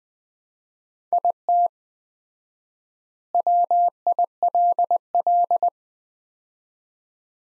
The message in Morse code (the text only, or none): IT WILL